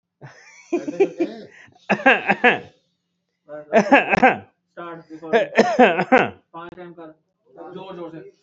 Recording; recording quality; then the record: shallow voluntary cough; poor, much background noise or distortion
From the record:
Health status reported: healthy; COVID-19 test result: not tested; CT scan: not taken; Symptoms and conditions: none ticked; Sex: male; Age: 31 years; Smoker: no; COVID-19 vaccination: both doses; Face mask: worn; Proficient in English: yes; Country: India